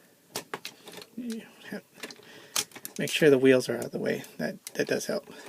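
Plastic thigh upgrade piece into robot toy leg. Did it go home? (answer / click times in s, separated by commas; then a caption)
yes / 0.5 s. A plastic upgrade thigh piece for a GCI Toys Hades (Liokaiser) transforming robot toy is pushed into the toy's leg after its peg is lined up with the hole. Sharp plastic clicks come at about 0.4 to 0.7 s, and the part clicks into place at 0.5 s. Afterward there is faint handling, and someone talks.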